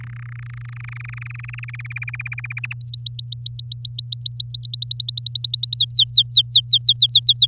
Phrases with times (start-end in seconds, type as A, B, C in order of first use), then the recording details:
0.01-1.65 A, 1.68-2.60 B, 2.63-2.73 C, 2.81-4.64 D, 4.65-5.78 E, 5.78-7.46 F. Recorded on 8 May 2018 at 05:35. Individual llb16